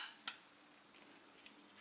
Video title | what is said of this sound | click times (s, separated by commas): Transformers Review: FansProject Saurus Ryu-Oh Dinoichi. P4L Reviews. | And using that sliding joint, slide until it clicks outward. | 0.3 s